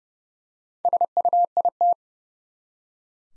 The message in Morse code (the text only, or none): SUIT